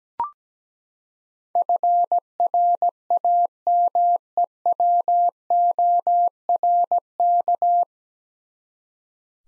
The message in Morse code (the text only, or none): FRAMEWORK